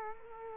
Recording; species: mosquito wingbeat signal from an infrared sensor; Culex quinquefasciatus